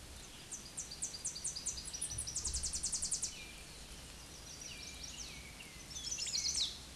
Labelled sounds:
Chestnut-sided Warbler song
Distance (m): 60 m
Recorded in a Pennsylvania forest on 18 May 2023 at 06:40
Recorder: AudioMoth, point grid1_37_low
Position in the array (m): 139 m, 196 m

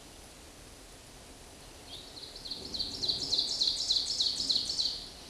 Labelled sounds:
Ovenbird song
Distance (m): 15 m
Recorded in a Pennsylvania forest on 17 May 2023 at 13:22
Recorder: AudioMoth, point grid1_7_low
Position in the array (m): 150 m, 54 m

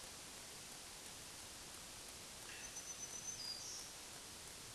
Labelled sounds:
Black-throated Green Warbler song
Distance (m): 35 m
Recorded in a Pennsylvania forest on 1 June 2023 at 08:56
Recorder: AudioMoth, point grid3_13_low
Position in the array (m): 153 m, 141 m

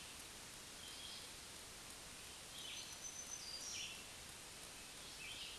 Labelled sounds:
Black-throated Green Warbler song
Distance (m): 30 m
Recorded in a Pennsylvania forest on 1 June 2023 at 07:43
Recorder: AudioMoth, point grid3_35_low
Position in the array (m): 162 m, 132 m

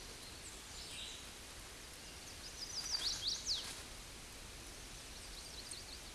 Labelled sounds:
Chestnut-sided Warbler song
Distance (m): 45 m
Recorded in a Pennsylvania forest on 18 May 2023 at 07:58
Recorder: AudioMoth, point grid1_41_low
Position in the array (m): 132 m, 204 m

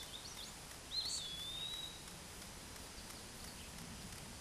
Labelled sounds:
Eastern Wood-Pewee song
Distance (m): 15 m
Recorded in a Pennsylvania forest on 17 May 2023 at 13:28
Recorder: AudioMoth, point grid1_32_low
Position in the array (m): 91 m, 136 m

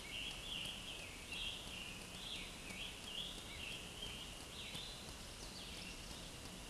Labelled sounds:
Scarlet Tanager song
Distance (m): 50 m
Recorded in a Pennsylvania forest on 20 May 2023 at 20:41
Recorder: AudioMoth, point grid1_3_low
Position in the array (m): 53 m, 61 m

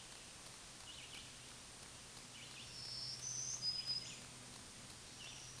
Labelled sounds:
Black-throated Green Warbler song
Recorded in a Pennsylvania forest on 1 June 2023 at 08:58
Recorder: AudioMoth, point grid3_17_low
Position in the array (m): 212 m, 178 m

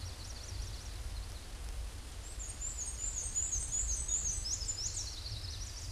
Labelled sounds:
Black-and-white Warbler song
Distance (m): 15 m
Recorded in a Pennsylvania forest on 17 May 2023 at 12:11
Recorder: AudioMoth, point grid1_9_low
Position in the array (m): 76 m, 97 m

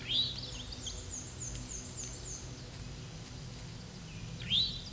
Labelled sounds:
Black-and-white Warbler song
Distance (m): 40 m
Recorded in a Pennsylvania forest on 18 May 2023 at 12:57
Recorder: AudioMoth, point grid1_15_low
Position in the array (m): 38 m, 216 m

